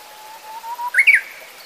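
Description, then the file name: Japanese bush warbler: a soft whistle that climbs gradually, then a rapid burst of loud, slurred notes. "uguisu"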